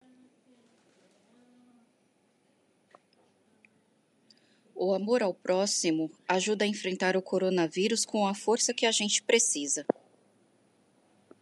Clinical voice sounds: spoken sentence; Brazilian Portuguese; female; 30 to 39 years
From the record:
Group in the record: control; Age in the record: 38 years

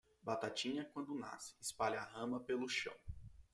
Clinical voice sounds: short text; Brazilian Portuguese; male; 20 to 29 years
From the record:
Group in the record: control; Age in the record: 29 years

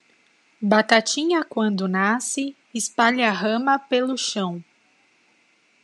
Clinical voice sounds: short text; Brazilian Portuguese; female; 30 to 39 years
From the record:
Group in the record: control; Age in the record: 34 years

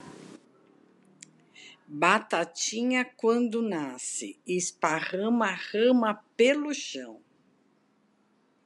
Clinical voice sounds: short text; Brazilian Portuguese; female; 60 to 69 years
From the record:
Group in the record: control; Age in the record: 65 years

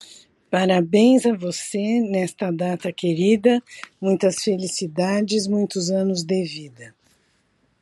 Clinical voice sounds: short text; Brazilian Portuguese; female; 60 to 69 years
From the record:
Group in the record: control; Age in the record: 67 years

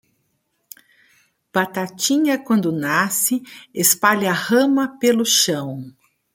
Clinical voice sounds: short text; Brazilian Portuguese; female; 50 to 59 years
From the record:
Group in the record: control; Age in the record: 58 years

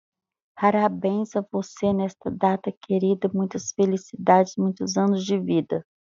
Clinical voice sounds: short text; Brazilian Portuguese; female; 50 to 59 years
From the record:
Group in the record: control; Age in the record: 56 years

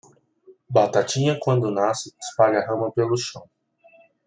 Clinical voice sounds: short text; Brazilian Portuguese; male; 20 to 29 years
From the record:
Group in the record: control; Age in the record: 27 years

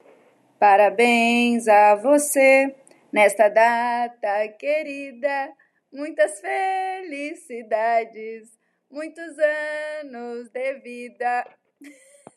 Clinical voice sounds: short text; Brazilian Portuguese; female; 40 to 49 years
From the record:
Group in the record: control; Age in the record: 46 years

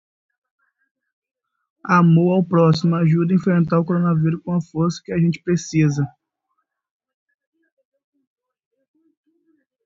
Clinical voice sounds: spoken sentence; Brazilian Portuguese; male; 20 to 29 years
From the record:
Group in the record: control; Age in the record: 24 years

